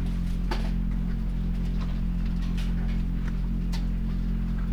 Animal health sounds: poultry house recording; sick chickens (respiratory disease)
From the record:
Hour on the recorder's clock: 22

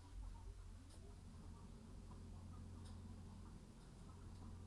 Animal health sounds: poultry house recording; sick chickens (respiratory disease)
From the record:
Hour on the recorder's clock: 15

